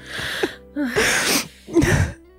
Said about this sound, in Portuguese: A Mari é essa que tá chorando aí.